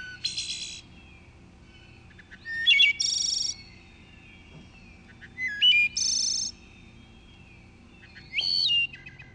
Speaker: So those were some of the details of some of the songs of the wood thrush.